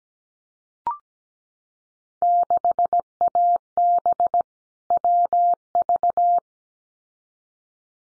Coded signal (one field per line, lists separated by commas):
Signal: Morse code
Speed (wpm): 17 wpm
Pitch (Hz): 700 Hz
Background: none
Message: 6AB WV